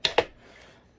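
A Fantom Thunder vacuum wand, after resisting, is pushed into the hose fitting and snaps in with a sharp click at 0.1 s (0.05 s), followed by a second sharp click at 0.2 s (0.18 s) and a short fading tail. The wand is seated in the hose.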